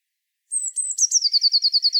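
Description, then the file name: Eurasian blue tit sings high, thin opening notes, then a brisk trill of repeated lower notes that continues to the very end. "Cyanistes caeruleus"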